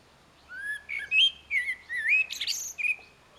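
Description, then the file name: Common blackbird singing a fluted phrase of rising and falling whistles that break into a sharp, high squeaky twitter near the end. "Turdus merula"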